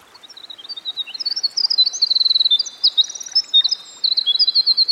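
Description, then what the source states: Winter wren pouring out a high, rapid, tinkling song of buzzy trills and quick notes for nearly five seconds, with a soft steady hiss behind. Recorded by a stream.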